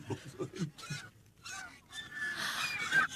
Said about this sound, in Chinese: 哎，天鹅落到翠微宫宫顶上了。哎呀！他们引吭欢叫，翩翩起舞，实在是有趣啊。